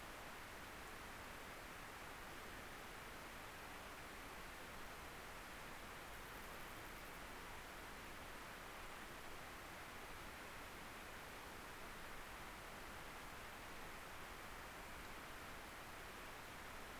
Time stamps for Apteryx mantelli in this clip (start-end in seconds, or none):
none